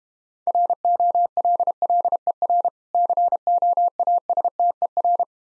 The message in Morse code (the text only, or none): ROLLER COASTER